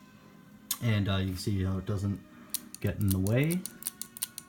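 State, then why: Seated. Someone talks, then a series of small sharp plastic clicks follows as a plastic Lego safety lever on the three-wide axle assembly of a Lego toy gun trigger mechanism is twisted. It snaps into its locked position at 4.2 s, seated with no play.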